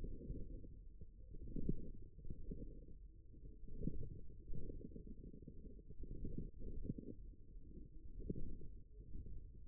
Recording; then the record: forearm muscle sounds (acoustic myography)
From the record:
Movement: wrist flexion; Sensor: system 1, eight BSWA MPA416 microphones around the upper forearm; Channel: 3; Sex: male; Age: 54 years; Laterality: right